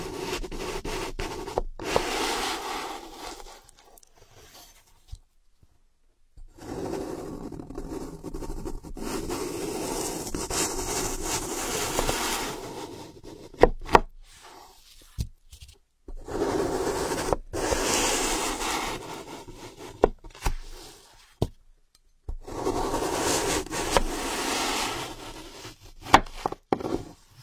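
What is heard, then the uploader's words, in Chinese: Dry scratching and rubbing inside an ear, coming in long bursts of several seconds separated by near-silent pauses. The rasping texture is dense and steady within each burst, with sharp clicks and taps scattered through, especially around the middle and end. 抠耳朵催眠。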